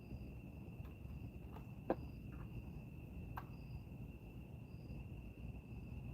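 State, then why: Torque reached. A torque wrench set to about 89 inch-pounds is pulled on an engine bolt behind the manifold of a 2013 LS3 C6 Corvette during an oil pressure sensor replacement. It gives a quiet click at 1.9 s because of the low setting, followed by a fainter tick near 3.4 s. A steady high, cricket-like tone and low background noise run throughout.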